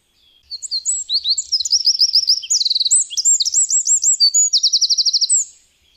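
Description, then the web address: Eurasian wren song: a loud, fast, very high cascade of notes and trills, ending in a long rapid rattling trill. "Madardalok - Ökörszem"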